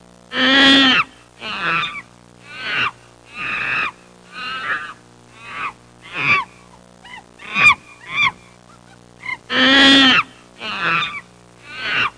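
Chimpanzee giving a series of separate harsh, tonal cries about a second apart, some louder than others.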